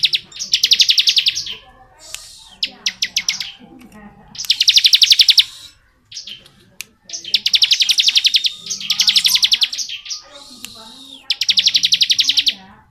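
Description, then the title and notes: Bar-winged prinia delivering a long series of fast, buzzy pulsed phrases with scratchy notes and clicks between them. Bar-winged prinia song in the rapid 'ngebren' style, used as training audio for oriental magpie-robins. "Ciblek Ngebren Untuk Masteran Murai Batu. Suara burung ciblek - Suara Nada"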